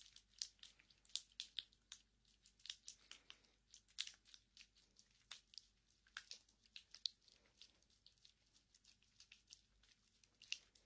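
Hands rub together, making a dense run of short, dry swishing strokes that come every fraction of a second in an uneven rhythm. The rubbing is bright and papery, with a faint steady low hum underneath.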